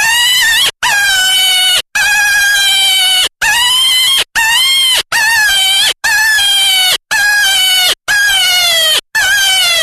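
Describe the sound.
Jackrabbit distress screams, loud, shrill and harmonic-rich, about ten drawn-out cries of roughly a second each, repeated almost continuously with brief gaps.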